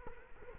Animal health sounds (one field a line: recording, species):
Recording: mosquito wingbeat signal from an infrared sensor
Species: Culex quinquefasciatus